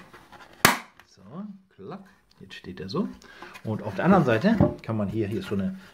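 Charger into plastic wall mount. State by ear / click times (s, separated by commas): seated / 0.7 s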